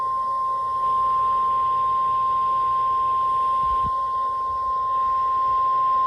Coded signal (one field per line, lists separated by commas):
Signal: Emergency Alert System (SAME) tones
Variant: 1050 Hz attention tone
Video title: West Virginia Storms || EAS Alerts from 7/12/22 || EAS 314-322